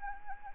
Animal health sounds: mosquito wingbeat signal from an infrared sensor; Anopheles arabiensis

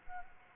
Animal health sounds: mosquito wingbeat signal from an infrared sensor; Anopheles arabiensis

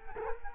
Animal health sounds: mosquito wingbeat signal from an infrared sensor; Culex quinquefasciatus

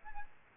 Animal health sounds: mosquito wingbeat signal from an infrared sensor; Aedes aegypti

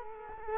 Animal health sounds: mosquito wingbeat signal from an infrared sensor; Culex quinquefasciatus

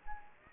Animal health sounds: mosquito wingbeat signal from an infrared sensor; Anopheles gambiae

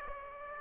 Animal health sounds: mosquito wingbeat signal from an infrared sensor; Aedes aegypti

